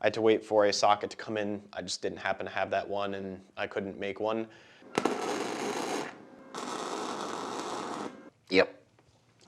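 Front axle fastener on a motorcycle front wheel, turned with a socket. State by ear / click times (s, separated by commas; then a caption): stripped / 9.0 s, 9.4 s. Someone talks at first, then two long bursts of broadband noise follow, and a sharp burst comes near 8.6 s as a socket is turned on the front axle fastener of a Kawasaki Concours 1000 motorcycle's front wheel during front axle removal. Faint clicks come at 9.0 s and 9.4 s as the socket slips on the head, and the fastener head is stripped again.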